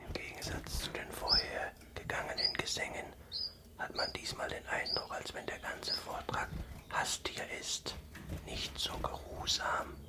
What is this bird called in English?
Common Chiffchaff